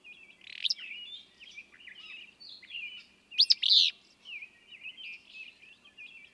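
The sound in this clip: Willow flycatcher song: one loud, abrupt phrase near the middle among continuous high chirping.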